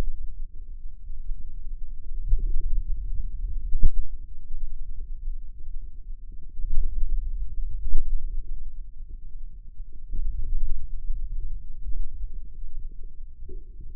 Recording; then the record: forearm muscle sounds (acoustic myography)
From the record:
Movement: finger pinch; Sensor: system 2, bracelet of six BSWA MPA416 microphones around the upper forearm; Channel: 6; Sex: male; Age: 22 years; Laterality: right